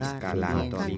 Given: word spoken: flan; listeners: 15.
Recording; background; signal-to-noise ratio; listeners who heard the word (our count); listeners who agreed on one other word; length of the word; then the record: one Spanish word in noise, from a listening test; four-talker babble; -2.9 dB; 0 of 15; 9 of 15; 0.58 s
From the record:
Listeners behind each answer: 9, 2, 1, 1, 1, 1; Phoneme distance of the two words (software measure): 41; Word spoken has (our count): 1 syllable, 4 phonemes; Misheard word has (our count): 3 syllables, 7 phonemes, stress on syllable 3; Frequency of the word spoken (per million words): 1.66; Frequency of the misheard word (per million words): 3.15